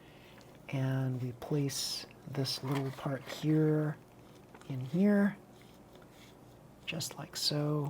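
A small plastic part is handled and positioned into a Mini4WD Brocken Gigant Black Special chassis with the SFM chassis while someone talks. Nothing has seated or clicked yet; the part is not yet home.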